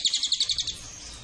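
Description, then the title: Cililin giving a short burst of rapid, high, sharp notes that trails off. Cililin song used as a masteran (tutor) or pancingan (lure) recording. "MASTERAN SUARA BURUNG CILILIN BISA JUGA PANCINGAN CILILIN"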